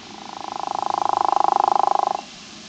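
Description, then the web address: A frog gives one purring, rapidly pulsed croak that swells and then stops abruptly after about two seconds. "frogs Family Ranidae"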